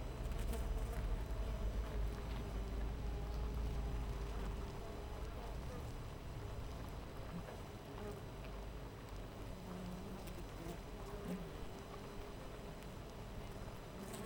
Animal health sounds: honeybee colony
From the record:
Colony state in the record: missing queen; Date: 14 July 2017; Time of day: 4:55

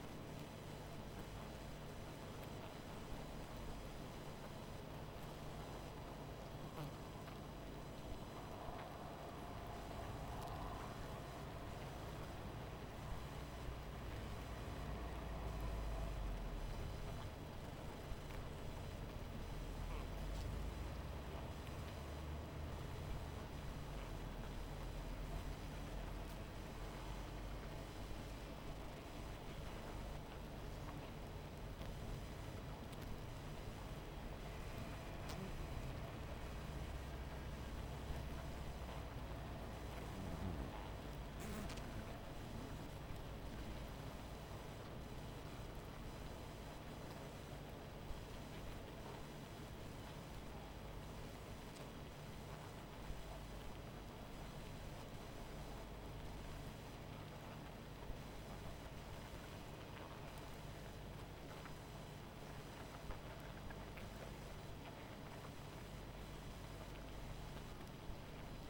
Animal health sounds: honeybee colony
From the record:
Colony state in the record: missing queen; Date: 14 July 2017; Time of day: 19:42

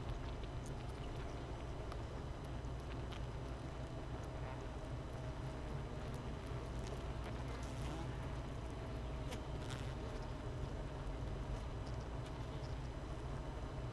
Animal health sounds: honeybee colony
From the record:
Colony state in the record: missing queen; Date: 31 May 2018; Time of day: 13:48

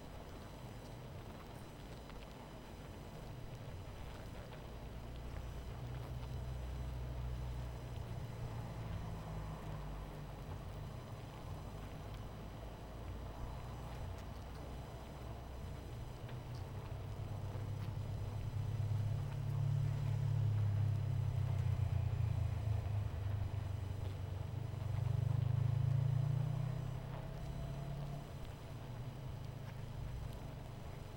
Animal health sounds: honeybee colony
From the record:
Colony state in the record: missing queen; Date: 14 July 2017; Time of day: 23:08

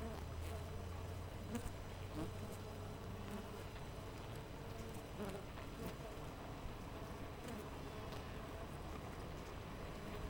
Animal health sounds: honeybee colony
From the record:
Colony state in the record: missing queen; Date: 14 July 2017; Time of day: 6:24

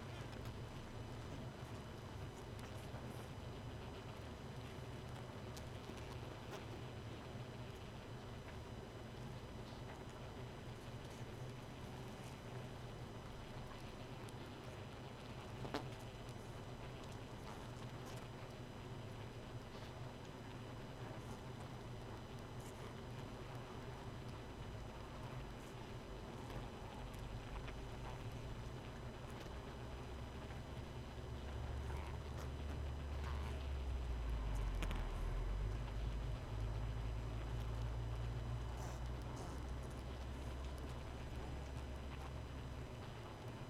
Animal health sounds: honeybee colony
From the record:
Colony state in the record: missing queen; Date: 31 May 2018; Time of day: 1:26

